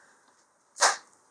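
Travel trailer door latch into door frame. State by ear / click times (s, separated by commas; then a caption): not seated / none. The restored metal door of an Airstream Tradewind travel trailer, newly fitted with foam weatherstripping, is swung shut against its door frame, giving a single thud at 0.8 s. The door closes tight but the latch does not catch; nothing has latched or clicked, because the new seal keeps the door from reaching the latch.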